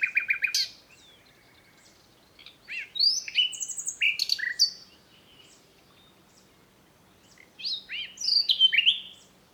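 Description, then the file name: Common nightingale song with varied phrases: fast repeated notes and loud down-slurred whistles, broken by short silences. "Luscinia megarhynchos"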